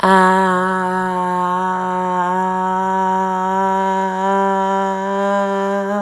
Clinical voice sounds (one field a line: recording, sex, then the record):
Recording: sustained vowel /a/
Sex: female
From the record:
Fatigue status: no fatigue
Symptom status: symptomatic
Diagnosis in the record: COVID-19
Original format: m4a